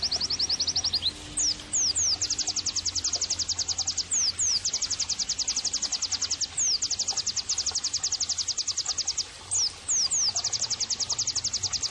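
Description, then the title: White-eye song opening with a falling slurred note, then continuous rapid high trills interrupted by paired downslurred whistles every few seconds. Pleci singing actively (gacor); therapy and bird-training (masteran) audio. "Pleci Gacor. terapi pleci dextro 87 plus masteran kenari sahdu OmAcuz Dextro87 channel"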